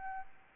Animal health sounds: mosquito wingbeat signal from an infrared sensor; Aedes albopictus

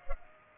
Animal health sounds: mosquito wingbeat signal from an infrared sensor; Culex pipiens

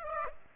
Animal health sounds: mosquito wingbeat signal from an infrared sensor; Aedes aegypti

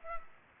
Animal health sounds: mosquito wingbeat signal from an infrared sensor; Culex pipiens

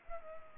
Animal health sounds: mosquito wingbeat signal from an infrared sensor; Culex pipiens

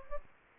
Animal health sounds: mosquito wingbeat signal from an infrared sensor; Aedes albopictus

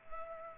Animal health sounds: mosquito wingbeat signal from an infrared sensor; Culex pipiens

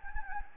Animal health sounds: mosquito wingbeat signal from an infrared sensor; Anopheles gambiae

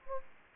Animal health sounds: mosquito wingbeat signal from an infrared sensor; Anopheles gambiae

